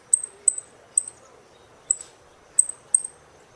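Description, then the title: Saffron finch chirping: six crisp, very high notes, each with a short trailing tail, in uneven spacing. "Jilguero Argentino"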